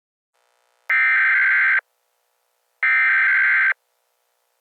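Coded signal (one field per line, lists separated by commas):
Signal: Emergency Alert System (SAME) tones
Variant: header bursts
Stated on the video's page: Fictional EAS scenario; simulated alert.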